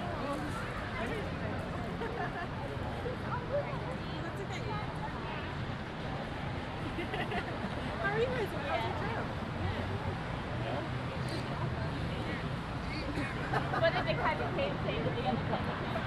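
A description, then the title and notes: Walking around a city lake park, a steady wash of overlapping voices and chatter fills the air, dense and continuous throughout. Traffic hums low underneath, with a few brighter clatters and footsteps surfacing near the middle and again toward the end. A Walk Around Lake Eola Park (Orlando, Florida).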